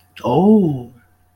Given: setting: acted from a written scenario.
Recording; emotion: vocal sound without words; desire